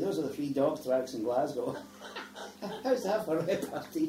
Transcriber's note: bursts out laughing